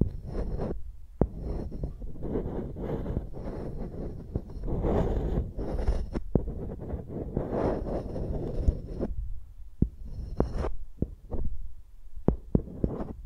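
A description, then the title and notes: Microphones are rubbed and tapped like pencils, giving a dense, low, rumbling scrape that swells and fades in irregular strokes. Sharp clicks and taps punctuate it every second or two, growing more frequent and isolated toward the end as the scraping thins out. ASMR Using Mics as Pencils (No Talking).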